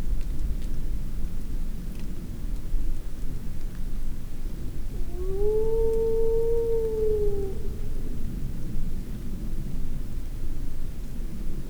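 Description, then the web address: Grey wolf gives a single smooth howl of about two and a half seconds, rising slightly then falling, surrounded by low rumbling background. Adult wolves, Vercors, 28–29 June 2004, various cries. "Florac-28-29-juin cris divers loup loup vercors 2004 adultes"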